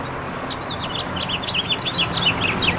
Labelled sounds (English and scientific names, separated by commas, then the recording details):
House Finch (Haemorhous mexicanus) song
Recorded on Long Island, New York, on 20 April 2012
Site FP
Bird A